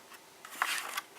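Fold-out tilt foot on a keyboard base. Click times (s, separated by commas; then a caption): 0.6 s. A fold-out plastic tilt foot on the underside of a Razer BlackWidow Tournament Edition keyboard is flipped out and snaps into its locked position with a sharp click at 0.6 s. A soft brushing sound comes just before it, and a lighter tick follows at about 1.0 s. The foot is seated and locked.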